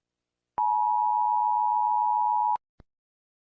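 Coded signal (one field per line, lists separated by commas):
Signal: Emergency Alert System (SAME) tones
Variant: 853 and 960 Hz attention tone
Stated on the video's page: Fictional EAS scenario, not a real alert.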